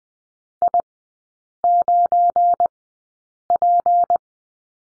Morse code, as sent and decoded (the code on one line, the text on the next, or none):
.. ----. .--.
I9P